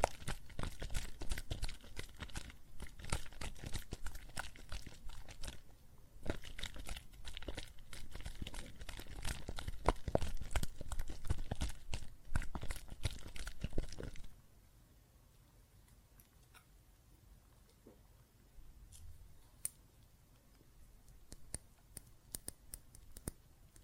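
Soapy water foam fizzes and crackles densely with many sharp pops for about fourteen seconds, then drops to faint, sparse occasional clicks.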